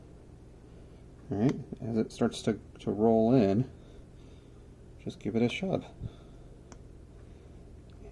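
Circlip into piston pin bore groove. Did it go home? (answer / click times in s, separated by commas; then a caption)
yes / 6.7 s. A steel circlip is pushed through the pin bore into the groove of a small-engine piston; once it starts to roll in it is given a shove while someone talks. It seats in the groove with a small sharp click at 6.7 s.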